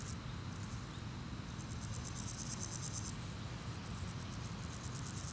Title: Chaussée de Tervueren, Pins Noirs, Auderghem, Bruxelles-Capitale, 1160, Belgique - Sauterelles - Grasshoppers